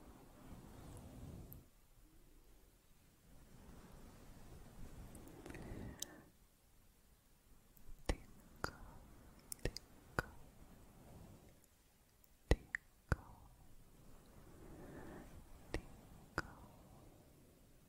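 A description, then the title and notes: Soft, close mouth sounds with slow, muffled brushing swishes that rise and fade in low, breathy waves. From about eight seconds on, crisp wet clicks and pops land every second or so, with quiet pauses between the soft rubbing passes. ASMR Close Up Soft & Slow Mouth Sounds, Fluffy Mic, Camera Brushing.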